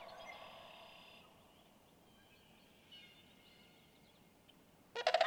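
Sandhill crane giving a loud, harsh rolling rattle near the end, after a quiet stretch.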